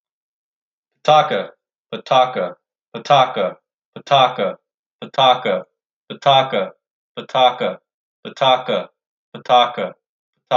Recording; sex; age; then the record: repeated syllables /pa ta ka/; male; 30 to 39 years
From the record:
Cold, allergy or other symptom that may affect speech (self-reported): no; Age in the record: 39 years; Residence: Nevada, United States